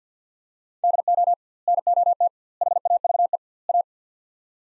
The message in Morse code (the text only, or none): DO NOT HAVE A